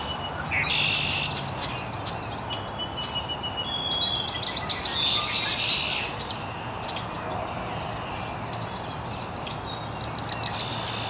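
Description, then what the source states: Birds chirping in a dense chorus, bursts of rapid high twittering and buzzy trills, busiest midway, over continuous background hiss. Chirping very early in the morning in an estuary.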